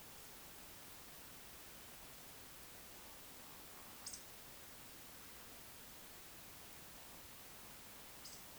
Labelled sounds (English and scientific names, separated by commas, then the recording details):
Eurasian Woodcock (Scolopax rusticola) whistle, Eurasian Woodcock (Scolopax rusticola) croak
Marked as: whistle, croak, whistle, whistle
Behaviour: display flight
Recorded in Baden-Württemberg, Germany, on 2 June 2021 at 19:55 UTC
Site 25832, 648 m above sea level